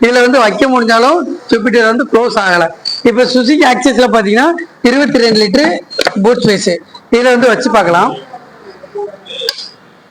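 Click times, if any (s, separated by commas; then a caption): 9.5 s. A Suzuki Access scooter seat is pressed down into its seat lock over a full-size sports helmet placed in the 22-litre under-seat boot. Someone talks for most of the clip, then after a quieter stretch of rustling a single sharp click sounds at 9.5 s. The seat latches shut and locks.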